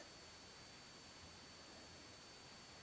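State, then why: Not seated. A small plastic retaining clip is pushed into place on a hose fitting on the fuel filter of a Mercedes Sprinter Leisure Travel Van. Only steady broadband hiss is heard, with no distinct sudden sounds. No snap or click occurs; the clip seems to be in and will not go any further.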